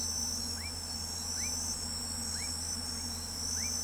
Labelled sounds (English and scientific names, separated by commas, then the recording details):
none
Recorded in pastures near Pivijay, Magdalena, Colombia, on 2 June 2023 at 04:30
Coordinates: 10.456, -74.369
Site P6-G026